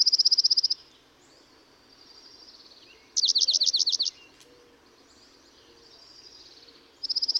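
Dark-eyed junco singing clear, rapid high trills, with pauses between them and softer trilling in the background.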